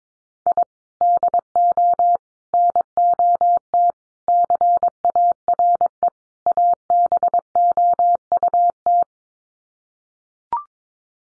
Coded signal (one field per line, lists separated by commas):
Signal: Morse code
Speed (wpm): 22 wpm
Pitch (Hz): 700 Hz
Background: none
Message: I DO NOT CARE ABOUT